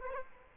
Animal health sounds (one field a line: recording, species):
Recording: mosquito wingbeat signal from an infrared sensor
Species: Culex quinquefasciatus